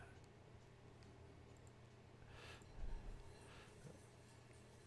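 The newly made swinging angle-setting part of a Darex drill grinder/sharpener fixture is worked by hand into position against a steady low hum, with soft scraping bursts around 2.4 s and 3.5 s and louder handling noise from about 2.8 to 3.1 s. Nothing has seated or clicked into place yet in this clip.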